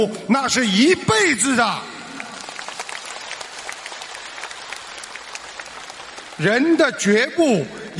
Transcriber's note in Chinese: 掌声